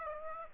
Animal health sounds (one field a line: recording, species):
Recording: mosquito wingbeat signal from an infrared sensor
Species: Aedes aegypti